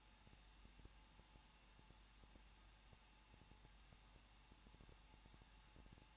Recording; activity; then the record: daily activity, microphone in the room; no activity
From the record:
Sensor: 1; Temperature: 20.1 degrees Celsius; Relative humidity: 39.1%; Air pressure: 1006.5 hPa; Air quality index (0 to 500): 216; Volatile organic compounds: 73 ppm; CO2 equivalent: 3542 ppm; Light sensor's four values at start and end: 1/2/1/1 and 1/2/1/1